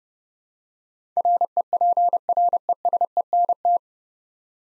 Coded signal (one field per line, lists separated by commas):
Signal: Morse code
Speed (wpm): 30 wpm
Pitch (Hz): 700 Hz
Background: none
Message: REPRESENT